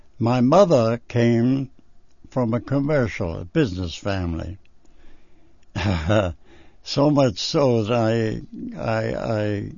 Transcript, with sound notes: My mother came from a commercial, a business family. ( he laughs ) So much so that I, I,